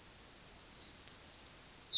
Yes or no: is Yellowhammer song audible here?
yes